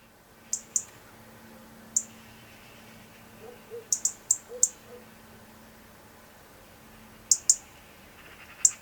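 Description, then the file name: European robin giving sharp, high-pitched single and paired notes at irregular intervals. "Erithacus rubecula"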